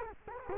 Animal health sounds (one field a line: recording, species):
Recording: mosquito wingbeat signal from an infrared sensor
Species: Culex quinquefasciatus